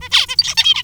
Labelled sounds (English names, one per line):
Zebra Finch song